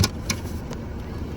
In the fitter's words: And then just make sure it's back in place and just twist till it clicks. There we go.